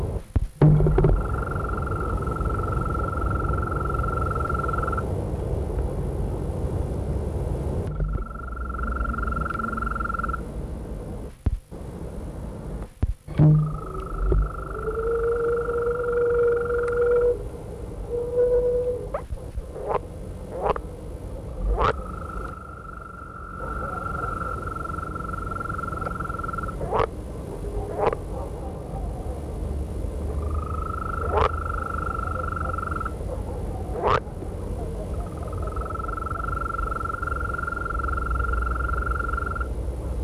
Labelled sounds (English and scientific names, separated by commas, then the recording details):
Green Toad (Bufo viridis) call
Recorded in the wild
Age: adult
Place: Berlin, OT Blankenfelde, Berlin, DE
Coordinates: 52.6261, 13.3917
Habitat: pond
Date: 1962-06-09 22:30
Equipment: Minifon, Kopie Smaragd
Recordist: Tembrock, Günter